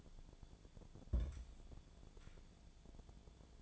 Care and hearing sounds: daily activity, microphone in the room; place on stove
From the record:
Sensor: 5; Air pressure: 1000.0 hPa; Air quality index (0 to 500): 93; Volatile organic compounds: 1 ppm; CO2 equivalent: 757 ppm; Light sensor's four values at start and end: 375/895/386/435 and 375/897/387/436

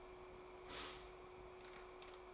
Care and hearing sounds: daily activity, microphone in the room; stop toaster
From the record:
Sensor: 1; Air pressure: 1014.7 hPa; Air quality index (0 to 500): 198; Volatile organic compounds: 32 ppm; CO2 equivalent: 3003 ppm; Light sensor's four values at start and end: 3/8/3/3 and 4/8/3/3

